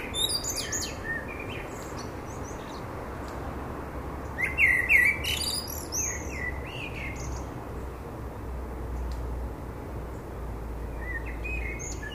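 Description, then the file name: Common blackbird: a few high, scratchy twittering fragments, loudest around four to five seconds, over a low rumbling background. "Turdus merula"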